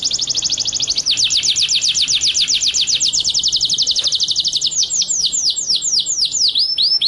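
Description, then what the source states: White-rumped shama song: a fast, steady run of high, down-slurred whistled notes that slows near the end into separate sweeping whistles. Masteran training track; full 'ngerol' continuous rolling song with 'nembak' shooting notes.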